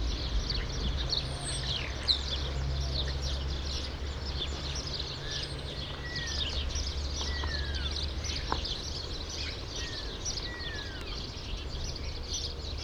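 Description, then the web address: True sparrows chirping in a dense, overlapping chorus of short high notes, with a few separate downslurred whistles and a steady low rumble throughout. "True sparrows. دانلود-صدای-پرنده-راستین"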